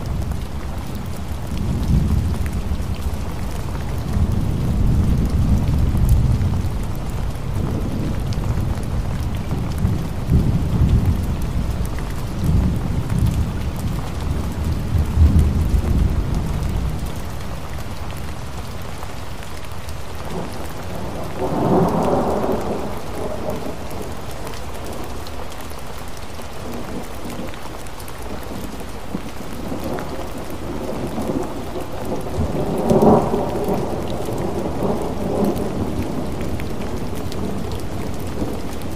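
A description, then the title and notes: A thunderstorm of steady, dense rain with deep rolling thunder in the first fifteen seconds, then brighter rumbles near 22 and 33 seconds. Sleeping Sounds Thunderstorm White Noise.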